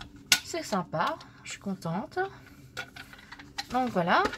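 A sharp plastic click at 0.3 s as the safety clip on a small desk cutter is opened; the clip keeps the cutter shut so children cannot play with it and hurt themselves. Someone talks throughout, with a few fainter taps between 2.8 and 3.6 s. The clip is released open.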